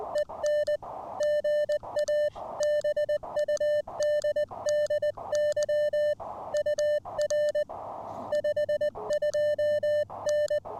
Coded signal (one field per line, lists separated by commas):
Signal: Morse code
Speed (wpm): 20 wpm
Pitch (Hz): 600 Hz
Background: music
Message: EN GA BUDDY UR 52N